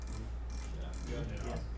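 A metal micrometer is closed on a part and its ratchet stop on the thimble is turned until it slips. Small ratchet clicks sound at 0.0, 0.1, 0.1, 0.9, 1.0 and 1.4 seconds, confirming it has reached measuring pressure.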